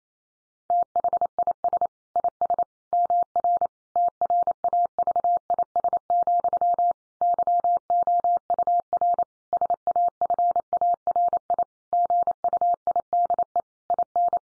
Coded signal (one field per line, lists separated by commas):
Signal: Morse code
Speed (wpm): 28 wpm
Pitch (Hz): 700 Hz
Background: none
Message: THIS IS MR TRAVIS, YOUR SAFARI GUIDE IN